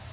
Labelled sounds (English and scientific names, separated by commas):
Blackburnian Warbler (Setophaga fusca) flight call